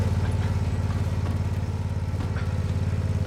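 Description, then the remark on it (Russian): A riding lawn mower engine runs steadily as it drives over the grass of a large backyard, a loud, low, throbbing drone with a rapid pulsing rhythm that holds constant throughout, with no voices. “ездит на газонокосилке по траве, которая занимает очень большое место на заднем дворе.”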